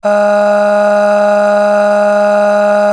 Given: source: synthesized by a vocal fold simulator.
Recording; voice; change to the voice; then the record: sustained vowel; female; aspiration noise (breathiness), level 8 of 10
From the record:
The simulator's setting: 2.24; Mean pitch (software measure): 206 Hz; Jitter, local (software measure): 0.74%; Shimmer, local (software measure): 8.9%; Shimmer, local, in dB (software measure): 0.77 dB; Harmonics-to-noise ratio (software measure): 16.3 dB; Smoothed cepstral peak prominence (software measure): 12.5 dB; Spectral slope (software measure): -21.2 dB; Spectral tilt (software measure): -7.4 dB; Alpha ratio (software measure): -11.7 dB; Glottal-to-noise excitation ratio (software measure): 0.811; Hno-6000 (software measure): 1.9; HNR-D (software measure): 36.0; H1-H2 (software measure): 7.0 dB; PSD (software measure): 5.9e-05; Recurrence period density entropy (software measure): 0.119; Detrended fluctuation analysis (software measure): 0.0276